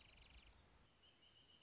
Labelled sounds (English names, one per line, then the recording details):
Wrentit
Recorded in Sonoma County, California